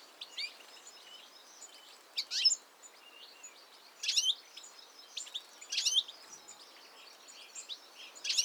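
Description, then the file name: European goldfinch calls: high tinkling twitters broken by louder bursts every second or two, with faint background hiss throughout. "Carduelis carduelis"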